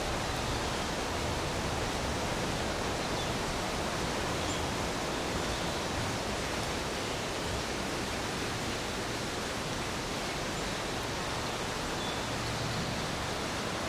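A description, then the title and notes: A soundwalk recording filled by a steady, dense rushing wash, like falling or fast-moving water, spread from deep rumble up to bright hiss. The level holds even for the whole stretch, with only small flickers and a slight low swell near the end. Rain hath swept through the northern Black Forest for the last few days. After every rain comes a dry day and so I went back into the forest to capture a nice soundscape. Soundwalk.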